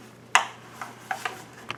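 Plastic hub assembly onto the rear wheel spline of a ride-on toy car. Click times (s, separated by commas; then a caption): 0.4 s. A plastic hub assembly is slid onto the splined end of the rear wheel of a Power Wheels Dino Rider ride-on toy car until it locks in place. A sharp, bright click at 0.4 s is the hub locking onto the axle spline. Softer ticks and rubbing sounds follow around 0.8, 1.1, 1.3 and 1.7 s.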